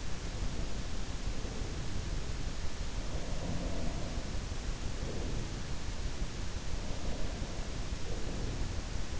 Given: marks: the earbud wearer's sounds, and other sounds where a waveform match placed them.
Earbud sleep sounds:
sounds in sleep by an in-ear microphone; breath
0.20-2.40 s: breath
2.94-6.00 s: breath
6.65-9.20 s: breath

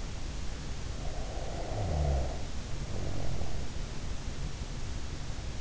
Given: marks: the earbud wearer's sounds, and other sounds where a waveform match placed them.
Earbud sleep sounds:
sounds in sleep by an in-ear microphone; snoring breath
0.51-4.41 s: snoring breath

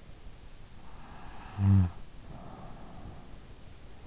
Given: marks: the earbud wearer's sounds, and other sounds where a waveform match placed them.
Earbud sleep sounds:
sounds in sleep by an in-ear microphone; snoring breath
0.97-3.42 s: snoring breath

